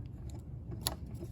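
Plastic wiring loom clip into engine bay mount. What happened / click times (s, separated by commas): The plastic clip snapped into its mount / 0.9 s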